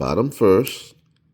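Someone talks while the plastic battery cap of a water flood/freeze sensor is being placed bottom first onto the sensor housing, followed by near silence with only faint low handling noise. The cap has not snapped shut yet; nothing has seated or clicked.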